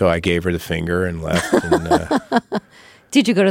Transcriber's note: soundbite of laughter